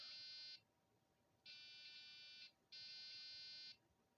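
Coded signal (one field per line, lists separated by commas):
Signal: beep code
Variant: Dell BIOS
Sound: repeated long harsh buzzer beeps, about a second each with short gaps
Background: room hum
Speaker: it's come up with errors 3 and 4, which means there is something wrong with memory, and it's giving like these strange beeps.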